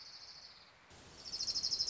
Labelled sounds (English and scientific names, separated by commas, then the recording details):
Orange-crowned Warbler (Leiothlypis celata)
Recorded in Sonoma County, California